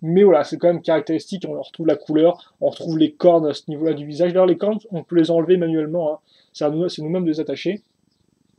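Someone talks while handling the removable plastic horn pieces, getting ready to clip them back onto the head of a plastic brick-built toy creature. The clip ends before the horns go on, so nothing has seated or clicked yet.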